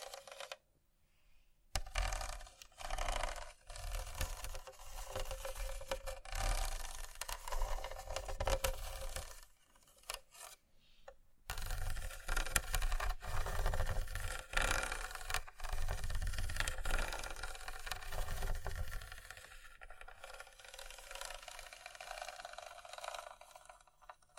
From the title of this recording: ASMR Scratching